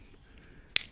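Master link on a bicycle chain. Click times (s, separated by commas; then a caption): 0.8 s. A steel master link on the bicycle chain of an Aventon Level 2 snaps home into its locked position as the chain is tensioned. After quiet low background noise, a single sharp, loud pop is heard at 0.8 s, followed by faint small ticks. The master link is seated.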